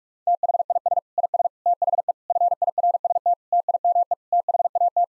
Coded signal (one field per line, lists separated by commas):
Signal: Morse code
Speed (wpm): 41 wpm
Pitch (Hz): 700 Hz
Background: none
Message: THIS IS THE FIRST TIME THAT